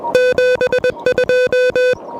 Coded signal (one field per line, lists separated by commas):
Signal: Morse code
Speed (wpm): 20 wpm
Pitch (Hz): 500 Hz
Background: music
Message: 72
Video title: QRP POTA in Motion: Pedestrian Mobile with the Elecraft KH1!